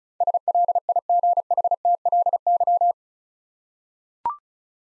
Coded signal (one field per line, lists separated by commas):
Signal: Morse code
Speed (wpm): 36 wpm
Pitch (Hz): 700 Hz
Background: none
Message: SLIGHTLY